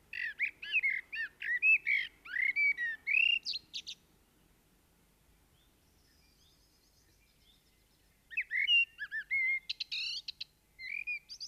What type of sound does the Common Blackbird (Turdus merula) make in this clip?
song